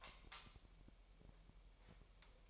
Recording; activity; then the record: daily activity, microphone in the room; light off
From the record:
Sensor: 1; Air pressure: 1002.0 hPa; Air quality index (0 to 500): 244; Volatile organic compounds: 48 ppm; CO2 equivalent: 3273 ppm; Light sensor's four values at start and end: 12/34/14/15 and 5/11/5/5